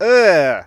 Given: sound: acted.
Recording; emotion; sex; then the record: nonverbal affect burst; disgust; male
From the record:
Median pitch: 169 Hz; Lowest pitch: 63 Hz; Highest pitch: 252 Hz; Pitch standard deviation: 57 Hz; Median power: 80.2 dB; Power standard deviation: 10.3 dB